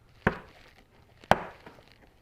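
A plastic dust cap is pressed around its rim onto a new tensioning (idler) pulley on a Toro TimeMaster lawn mower so its barbed lip snaps down, to keep dust and debris out. Two sharp snaps are heard at 0.3 s and 1.3 s, and the cap is seated.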